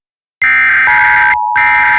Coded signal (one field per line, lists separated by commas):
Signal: Emergency Alert System (SAME) tones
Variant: header bursts